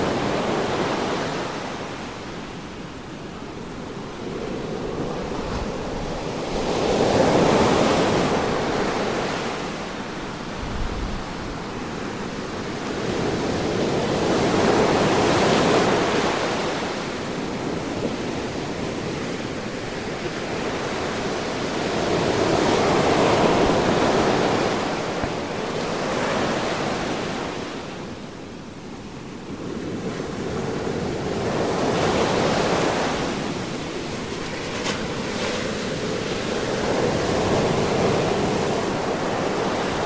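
Ocean waves wash in and draw back in a slow, steady rhythm, with swells peaking roughly every eight to ten seconds. Each surge brings a soft rushing hiss that fades between waves, and the sound stays full throughout.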